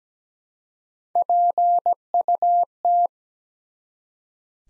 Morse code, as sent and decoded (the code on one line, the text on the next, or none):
.--. ..- -
PUT